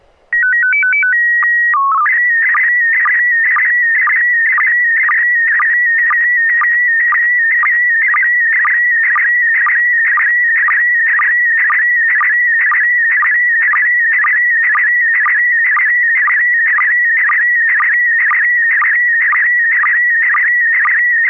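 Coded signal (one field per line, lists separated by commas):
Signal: SSTV (slow-scan television)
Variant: PD120 mode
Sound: short leader tones and header chirps, then warbling tone with steady ticks about twice a second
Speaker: I'm ready. This is KP4MD, and this is also going to be PD120.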